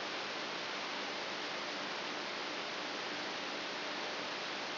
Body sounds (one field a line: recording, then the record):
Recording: brain microelectrode recording played as sound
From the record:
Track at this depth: inside the subthalamic nucleus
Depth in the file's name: 8.137 mm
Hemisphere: left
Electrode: 3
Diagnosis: Parkinson's disease